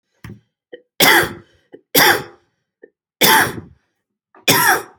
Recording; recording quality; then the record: heavy voluntary cough; excellent, no background noise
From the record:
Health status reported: healthy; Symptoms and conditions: none ticked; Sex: male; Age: 37 years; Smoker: yes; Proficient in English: yes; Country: India